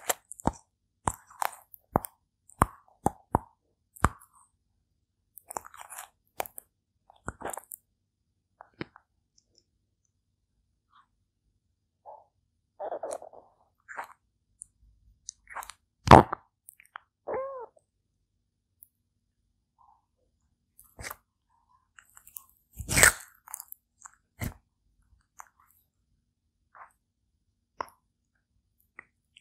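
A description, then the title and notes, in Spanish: A tortoise eats, with sharp bites and crunches coming in quick bursts over the first few seconds, then scattered through the rest. Quiet gaps separate the louder snaps near the middle and end, with softer chewing and small rustles between them. Asmr Tortuga comiendo. Una tortuga comiendo sandia, cereza, entre otras cosas.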